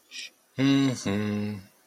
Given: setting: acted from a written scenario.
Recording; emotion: vocal sound without words; sympathy